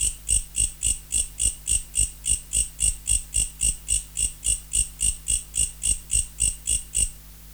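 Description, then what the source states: Mecopoda katydid song: around two dozen even, rasping high pulses at about three and a half per second, ending near the close, with a soft background hum. Recorded in November.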